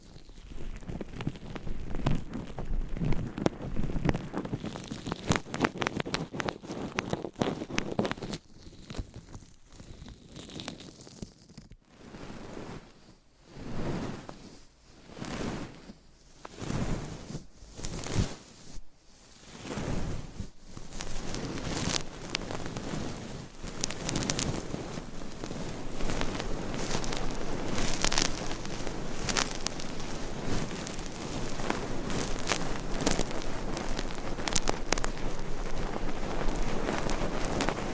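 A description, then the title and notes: Scratching and brushing across a microphone, a dense rustling texture that never settles. After about eight seconds it breaks into rhythmic strokes, each one a bright swishing burst with brief gaps between. From around twenty seconds the strokes come faster and crowd together into a near-continuous scrape. ASMR Massage for Your Ears Mic Scratching - Brushing - Ear Attention Asmr No Talking for Sleep.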